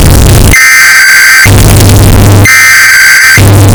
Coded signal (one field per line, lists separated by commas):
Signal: Emergency Alert System (SAME) tones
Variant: header bursts